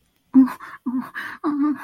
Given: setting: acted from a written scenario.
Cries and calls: vocal sound without words; distress

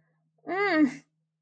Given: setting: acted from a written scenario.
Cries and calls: vocal sound without words; positive surprise

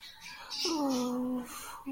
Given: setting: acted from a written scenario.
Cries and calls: vocal sound without words; desire

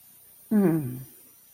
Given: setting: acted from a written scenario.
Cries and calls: vocal sound without words; guilt

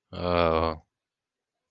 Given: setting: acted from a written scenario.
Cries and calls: vocal sound without words; guilt

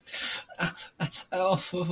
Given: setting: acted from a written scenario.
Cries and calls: vocal sound without words; pain

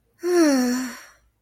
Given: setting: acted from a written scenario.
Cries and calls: vocal sound without words; serenity

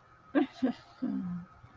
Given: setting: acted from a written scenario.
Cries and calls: vocal sound without words; pride

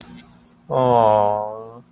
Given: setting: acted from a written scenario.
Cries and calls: vocal sound without words; adoration

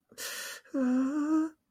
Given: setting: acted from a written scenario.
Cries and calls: vocal sound without words; distress

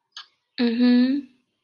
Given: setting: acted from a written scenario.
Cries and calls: vocal sound without words; sympathy

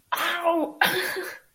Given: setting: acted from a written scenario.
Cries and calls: vocal sound without words; pain

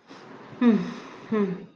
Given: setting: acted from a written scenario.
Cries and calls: vocal sound without words; sadness

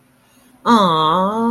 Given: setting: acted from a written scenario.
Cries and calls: vocal sound without words; romantic love

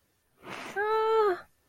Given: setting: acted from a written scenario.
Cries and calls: vocal sound without words; elation

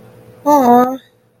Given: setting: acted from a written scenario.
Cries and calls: vocal sound without words; disappointment

